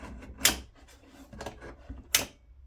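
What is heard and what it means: With its locking screw undone, the turntable bed of an Evolution R210 CMS metal mitre chop saw is swung in its base. Sharp metallic clicks at 0.5 s and 2.2 s mark the bed snapping into its preset angle detents, with fainter scraping ticks near 1.3–1.4 s as it turns in between. The bed locks into place at the set angles.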